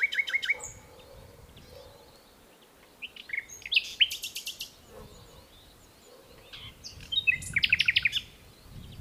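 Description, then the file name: Common nightingale song in bursts: a quick run of repeated whistled notes, then pauses broken by sharp, buzzy, high rattling phrases. "Luscinia megarhynchos"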